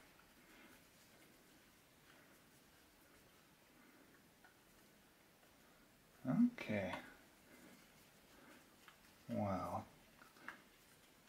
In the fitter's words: funny I didn't hear a click so